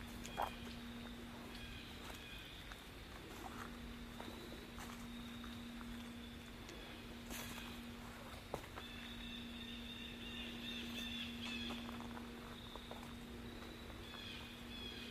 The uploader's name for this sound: Nature Walkabout in Fall